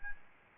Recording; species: mosquito wingbeat signal from an infrared sensor; Aedes albopictus